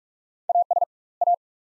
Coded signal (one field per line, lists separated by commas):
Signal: Morse code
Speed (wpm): 47 wpm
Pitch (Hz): 700 Hz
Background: none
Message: AS A